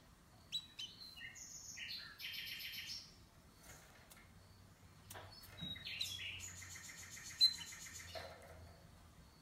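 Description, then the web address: A canary sings a varied run of trills and chirps, some phrases high and rapid, others slurred and lower, over a quiet low background hum. "Golchin Best Canari Seda Canari. Niyaz Music)"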